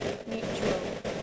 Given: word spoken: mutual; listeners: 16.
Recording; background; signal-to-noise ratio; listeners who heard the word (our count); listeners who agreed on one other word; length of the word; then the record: one English word in noise, from a listening test; noise modulated by three-talker babble; -7.2 dB; 7 of 16; 8 of 16; 0.82 s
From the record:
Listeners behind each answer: 8, 7, 1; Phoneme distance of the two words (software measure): 37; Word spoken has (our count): 2 syllables, 6 phonemes, stress on syllable 1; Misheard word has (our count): 2 syllables, 7 phonemes, stress on syllable 1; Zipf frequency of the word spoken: 3.72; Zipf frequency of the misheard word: 3.87